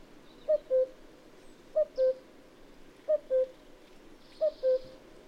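Cuckoo producing a steady series of four falling two-note cu-coo calls, evenly spaced about every 1.3 seconds, against a quiet background.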